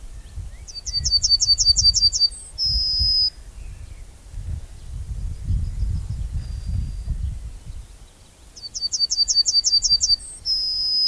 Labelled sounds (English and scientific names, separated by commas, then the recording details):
Yellowhammer (Emberiza citrinella) song
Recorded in the wild
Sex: male
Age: adult
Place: Köppchensee, Berlin, DE
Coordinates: 52.6167, 13.3667
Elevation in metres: 40
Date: 2000-06-18 13:46
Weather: heiter, 22°C, zeitweise windig
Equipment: Nagra SN, Kopie Uher 4000 Report Monitor
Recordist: Tembrock, Günter
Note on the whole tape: Gesang, drei Strophentypen